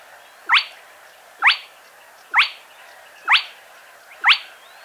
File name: Plettet roervagtel